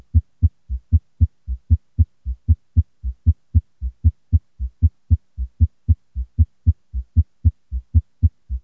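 Steady low-pitched heart sounds from an adult at about 77 beats a minute. Each cycle has two crisp sounds followed by a softer, broader thud, a triple gallop rhythm. This is a summation gallop, where the third and fourth heart sounds merge into one extra diastolic sound.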